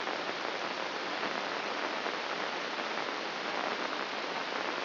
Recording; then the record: brain microelectrode recording played as sound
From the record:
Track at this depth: inside the subthalamic nucleus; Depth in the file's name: 3.831 mm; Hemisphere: left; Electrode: 3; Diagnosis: Parkinson's disease